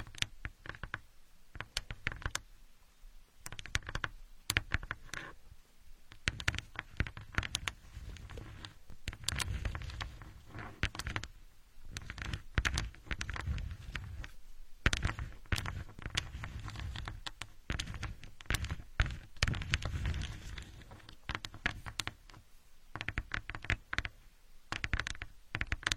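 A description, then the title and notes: Building blocks clatter and knock throughout, a dense run of sharp clicks and taps with uneven gaps. Bursts of rattling pile up around the middle and again near twenty seconds, while a low rumble of handling and shifting pieces sits underneath. Asmr, playing with building blocks.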